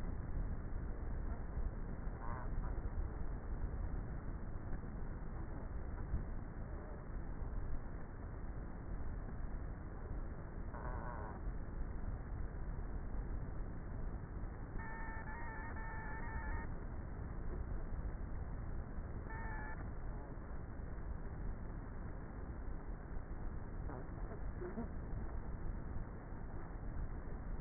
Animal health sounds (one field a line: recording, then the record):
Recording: honeybee colony, microphone inside the hive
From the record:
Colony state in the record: queenless with a low population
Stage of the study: before two queens were removed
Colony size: about 30,000 bees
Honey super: no